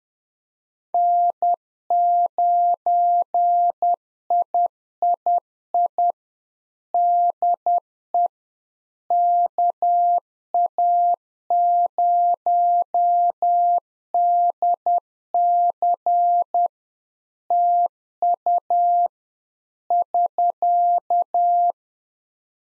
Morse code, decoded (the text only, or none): N9III DE KA0DC TU <SK>